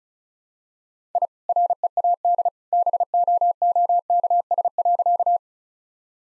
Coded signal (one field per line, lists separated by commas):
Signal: Morse code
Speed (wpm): 36 wpm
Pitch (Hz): 700 Hz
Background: none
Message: I READ BOOKS.